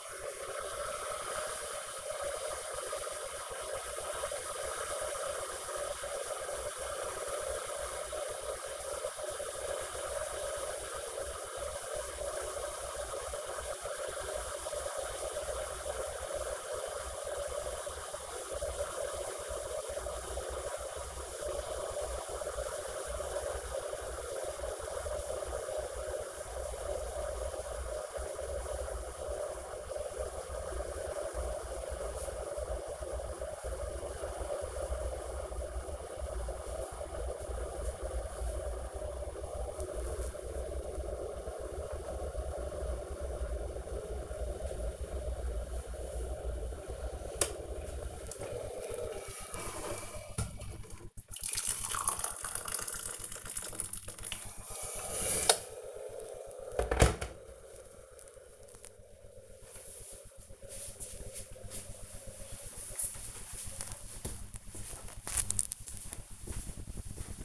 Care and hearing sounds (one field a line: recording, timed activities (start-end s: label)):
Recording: household activities, microphone on the right wrist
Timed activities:
0.00-57.98 s: making tea